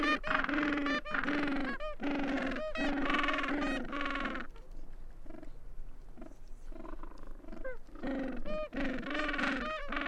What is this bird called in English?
Gentoo Penguin